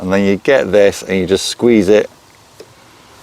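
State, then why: Seated. Someone talks while squeezing the quick-release clamp lever on the handlebar stem of a HITWAY folding electric bike shut. At 2.6 seconds there is a short, sharp hit as the lever locks, and the handlebar clamp is confirmed locked.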